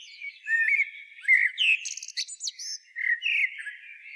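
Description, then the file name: Common blackbird song: a rich fluty warble sliding up and down, broken by a burst of high scratchy twittering, then more mellow notes. "Turdus merula"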